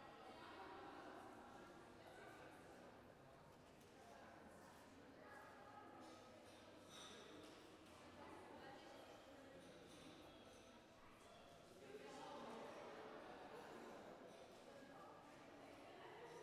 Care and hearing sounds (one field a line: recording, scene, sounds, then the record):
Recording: everyday scene through a hearing-aid microphone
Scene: reverberant space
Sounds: background noise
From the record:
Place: railway station hall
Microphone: behind the ear, left, front